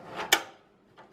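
A tray holding a 2.5-inch SSD slides into the drive cage of an Enermax Equilence PC case with a soft scraping rush. A single sharp, bright click at 0.3 s marks the tray locking in place, followed by a faint knock near 1.0 s.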